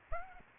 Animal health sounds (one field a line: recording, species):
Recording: mosquito wingbeat signal from an infrared sensor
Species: Aedes aegypti